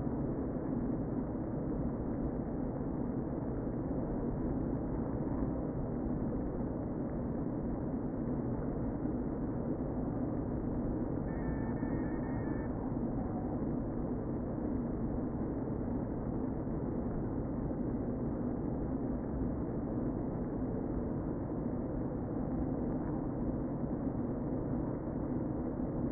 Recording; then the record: honeybee colony, microphone inside the hive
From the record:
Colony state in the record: queen present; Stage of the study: before two queens were removed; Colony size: about 60,000 bees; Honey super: yes